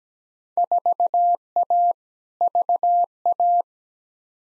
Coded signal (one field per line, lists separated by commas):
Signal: Morse code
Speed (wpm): 17 wpm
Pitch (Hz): 700 Hz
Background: none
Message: 4A VA